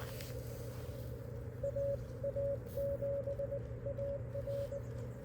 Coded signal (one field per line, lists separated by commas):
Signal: Morse code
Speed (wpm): 20 wpm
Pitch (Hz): 560 Hz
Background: none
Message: AA7AR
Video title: A pretty nice “ham shack” and we made a contact!